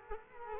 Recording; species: mosquito wingbeat signal from an infrared sensor; Culex quinquefasciatus